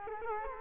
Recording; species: mosquito wingbeat signal from an infrared sensor; Culex quinquefasciatus